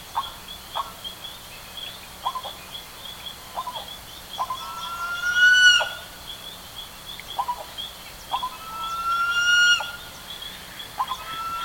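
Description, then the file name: Bird calls: short clipped notes at irregular intervals, broken twice by a long clear whistle, with a steady high drone behind. "SABIOD 50 bird 2015"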